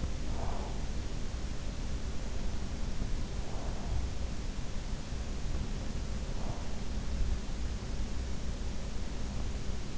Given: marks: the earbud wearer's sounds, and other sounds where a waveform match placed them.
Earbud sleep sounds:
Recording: sounds in sleep by an in-ear microphone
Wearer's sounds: breath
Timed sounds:
0.00-1.46 s: breath

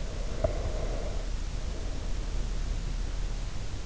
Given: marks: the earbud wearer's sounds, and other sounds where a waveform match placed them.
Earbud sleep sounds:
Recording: sounds in sleep by an in-ear microphone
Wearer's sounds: breath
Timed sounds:
0.08-3.20 s: breath

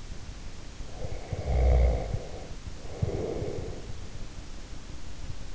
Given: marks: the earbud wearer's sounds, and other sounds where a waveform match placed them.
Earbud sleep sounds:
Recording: sounds in sleep by an in-ear microphone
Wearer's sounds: snoring breath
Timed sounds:
0.85-4.03 s: snoring breath

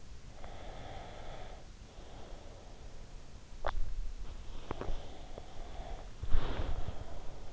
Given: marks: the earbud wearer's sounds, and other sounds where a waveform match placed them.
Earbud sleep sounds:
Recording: sounds in sleep by an in-ear microphone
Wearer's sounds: breath, teeth grinding, body movement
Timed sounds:
0.16-3.39 s: breath
3.44-5.10 s: teeth grinding
4.93-7.53 s: breath
6.07-6.85 s: body movement

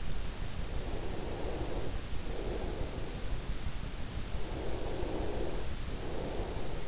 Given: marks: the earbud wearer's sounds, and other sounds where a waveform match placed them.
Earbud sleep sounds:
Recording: sounds in sleep by an in-ear microphone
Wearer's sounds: breath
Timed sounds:
0.88-6.88 s: breath

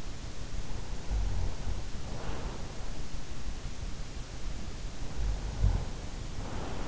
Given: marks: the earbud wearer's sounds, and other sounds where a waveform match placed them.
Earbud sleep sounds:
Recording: sounds in sleep by an in-ear microphone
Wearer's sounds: snoring breath, breath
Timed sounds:
1.14-2.85 s: snoring breath
4.80-6.88 s: breath

